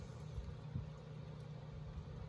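A crimped metal contact pin on a solar cable is fed into a plastic MC4-style connector housing, with a steady low rumbling hum throughout and a couple of faint soft bumps near 0.4 and 0.8 seconds. Nothing has seated or clicked yet; the pin has not snapped into the housing.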